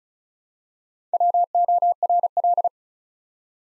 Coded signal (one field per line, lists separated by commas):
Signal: Morse code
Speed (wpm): 36 wpm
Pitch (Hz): 700 Hz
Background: none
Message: WORL